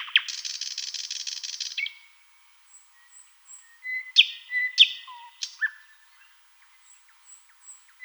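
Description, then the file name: Thrush nightingale song opening with a dense, buzzy rattle of about two seconds, followed by a scattering of sharp notes, thin high whistles and a short low whistle. "solovey obyknovennyy golos"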